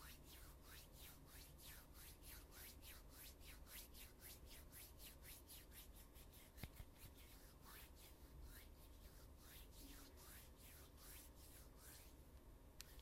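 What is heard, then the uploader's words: Hands rub together in a steady, regular rhythm, each stroke a soft, bright swish, about three per second for the whole stretch. A single sharp tap lands near the middle and another near the end, over a low, constant hum underneath. ASMR PURE HAND SOUNDS 手の音だけ！無口『音フェチ』guaranteed tingles NOT TALKING.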